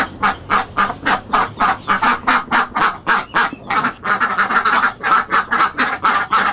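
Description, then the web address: Ducks give loud, rapid quacks, roughly four a second, blurring into an almost continuous chatter in the second half. "Lynne Music Marketplace-Ducks"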